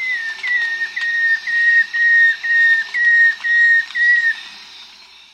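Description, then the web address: Black-throated antshrike giving a series of about nine clear, level whistled notes, roughly two per second, over a steady background hiss. Recorded in South America. "Natures Songs S America Black-Throated Antshrike"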